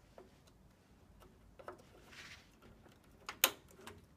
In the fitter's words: Nothing like that satisfying snap of putting all this RAM in.